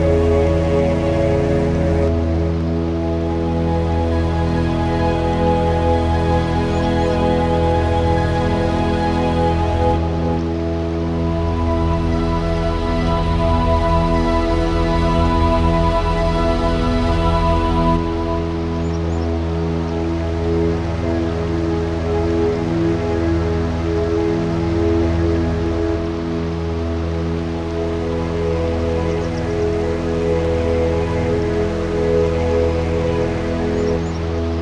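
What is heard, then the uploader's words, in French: Water at the Fischboedle lake rushes and splashes in a steady, dense wash, heavy in the low range with a softer hiss above. The sound barely changes, easing only slightly after about eighteen seconds and holding evenly to the end. Au son des lacs #2 - le lac du Fischboedle. Le Fischboedle est un lac d'origine glaciaire surplombé par le Spitzkoepfle dans la forêt de la Wormsa. Le son du lac du Fischboedle.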